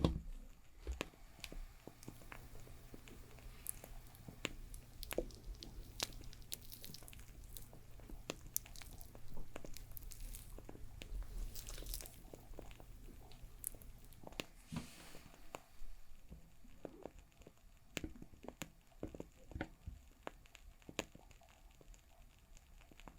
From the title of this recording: Doing My Nails For Christmas｜With Crackling Fire Sounds